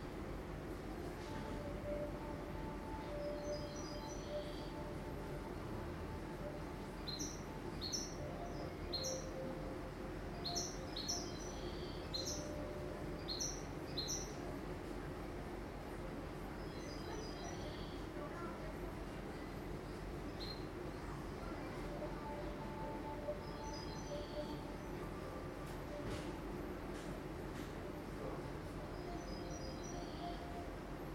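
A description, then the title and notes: A steady low rumble of indoor noise fills the recording, with bursts of bright bird chirps and twitters recurring every few seconds throughout. Sounds from inside the buildings.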